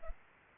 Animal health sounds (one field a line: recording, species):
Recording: mosquito wingbeat signal from an infrared sensor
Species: Culex pipiens